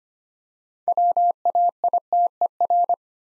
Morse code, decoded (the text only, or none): WAITER